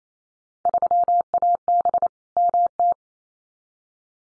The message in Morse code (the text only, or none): 3AB MT